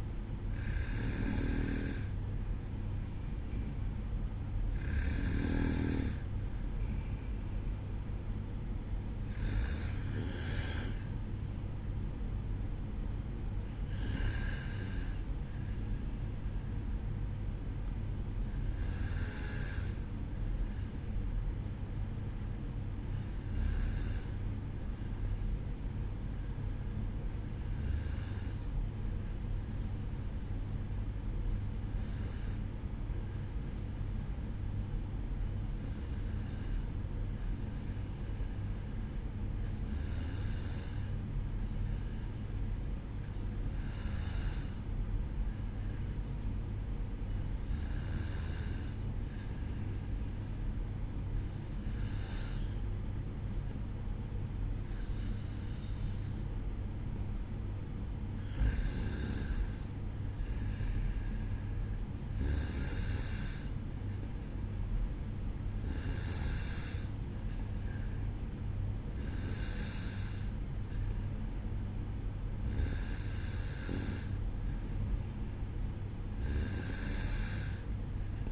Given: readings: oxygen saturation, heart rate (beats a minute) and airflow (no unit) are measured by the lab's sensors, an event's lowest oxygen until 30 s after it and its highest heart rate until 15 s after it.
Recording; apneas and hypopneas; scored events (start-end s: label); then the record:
breathing in sleep by a smartphone at the bedside; 1
9.00-78.52 s: new sleep stage, N2 (light sleep)
20.00-56.10 s: hypopnea (N2, oxygen 95% highest, then 93% lowest, heart rate 54 at the start, 57 highest)
From the record:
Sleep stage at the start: N1 (lightest sleep); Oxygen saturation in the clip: 92 to 95%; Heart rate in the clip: 53 to 60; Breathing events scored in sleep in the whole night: 305 in 9.6 hours asleep